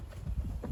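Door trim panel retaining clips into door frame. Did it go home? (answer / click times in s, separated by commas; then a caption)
no / none. A plastic door trim panel is handled against the metal door of a 2007–2021 Toyota Tundra or Sequoia after replacing the door check strap, lining it up so its push-in retaining clips can snap back into their holes in the door frame. Low, soft thumps and rustling handling noises are heard, growing a little louder toward the end. Nothing has seated or clicked yet.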